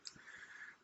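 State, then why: Seated. A slipper clutch plate and pads are lowered onto the top shaft of an RC buggy transmission and rotated until the plastic parts lock in place. A single sharp click is heard at 0.1 s, followed by a faint continuous hiss. The slipper clutch assembly is seated.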